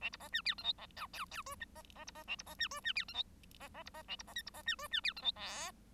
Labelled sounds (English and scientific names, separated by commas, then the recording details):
Bengalese Finch (Lonchura striata domestica) song
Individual Bird1